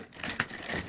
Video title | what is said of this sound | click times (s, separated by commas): Patrol Buggies [Nick: TMNT] [RedX Reviews #158] | that's what locks it into place and yes it's locked | 0.2 s, 0.4 s